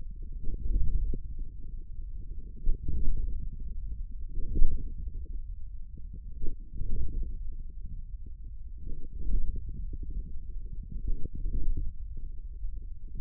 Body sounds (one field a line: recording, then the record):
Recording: forearm muscle sounds (acoustic myography)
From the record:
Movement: radial deviation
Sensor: system 1, eight BSWA MPA416 microphones around the upper forearm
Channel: 5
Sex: male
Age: 41 years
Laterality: right